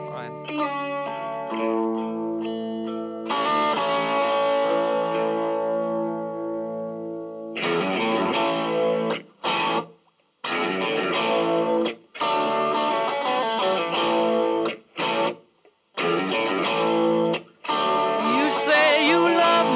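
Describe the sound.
A rock song plays, opening with ringing guitar chords before distorted electric guitar and a male singing voice come in, with a few brief breaks in the loud, steady band sound.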